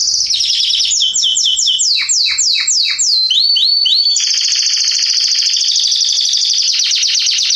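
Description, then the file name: Canary delivering fast down-slurred whistles, then a few rising swoops, then a long, steady, loud rolling trill. "Canary Voice"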